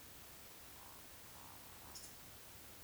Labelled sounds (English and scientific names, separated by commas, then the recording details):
Eurasian Woodcock (Scolopax rusticola) whistle, Eurasian Woodcock (Scolopax rusticola) croak
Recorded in Baden-Württemberg, Germany, on 19 June 2020 at 19:47 UTC
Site 49006, 684 m above sea level